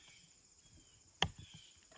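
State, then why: Seated. A small plastic winter/summer air shutter, a seasonal setting piece that is popped out with a tool or screwdriver, is pushed back into a chainsaw housing. Against a faint steady high hiss and low rumble, one sharp, short click rings out at 1.2 s, followed by a few soft handling noises. The piece clicks in and is seated.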